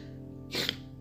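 A single brief, forceful burst of airy hiss lasting about a fifth of a second, ending in a sharp snap, over a steady low room hum. It sounds like one sneeze from an adult with a cold.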